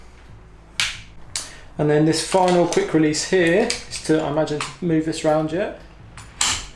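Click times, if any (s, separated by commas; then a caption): 6.4 s. Someone talks while moving an adjustable section of a cheap metal Lifeline bike repair stand, with two sharp metallic clacks at about 0.8 s and 1.4 s. They then close the section's final quick-release lever, which locks in with a sharp mechanical snap at 6.4 s.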